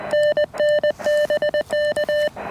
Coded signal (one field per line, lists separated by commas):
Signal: Morse code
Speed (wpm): 21 wpm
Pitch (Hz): 600 Hz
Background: none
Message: NNBK